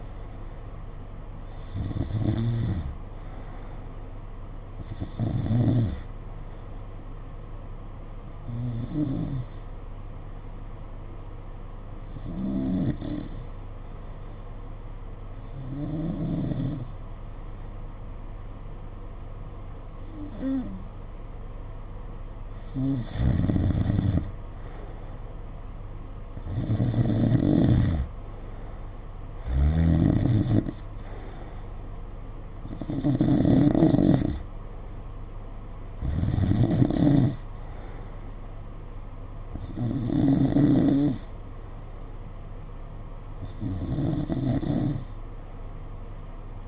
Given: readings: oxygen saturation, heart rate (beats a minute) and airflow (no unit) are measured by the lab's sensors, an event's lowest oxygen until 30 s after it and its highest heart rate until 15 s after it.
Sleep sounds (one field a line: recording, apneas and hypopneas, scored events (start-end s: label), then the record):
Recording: breathing in sleep by a smartphone at the bedside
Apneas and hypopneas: 1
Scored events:
11.00-26.50 s: hypopnea (N2, oxygen 93% highest, then 89% lowest, heart rate 52 at the start, 60 highest)
From the record:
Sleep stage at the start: N2 (light sleep)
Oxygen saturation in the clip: 88 to 93%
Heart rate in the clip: 51 to 60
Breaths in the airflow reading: 13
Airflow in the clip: -6.9 to 4.8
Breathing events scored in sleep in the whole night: 476 in 9.7 hours asleep